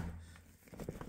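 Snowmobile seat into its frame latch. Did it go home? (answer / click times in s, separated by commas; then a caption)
no / none. Someone handles a Ski-Doo GTX 550 FN snowmobile seat, pressing it down toward its frame latch and mount. A faint low rumble is followed by soft rustling and light taps around 0.4, 0.8, 0.9 and 1.0 seconds. The seat has not snapped into place yet, and nothing has seated or clicked.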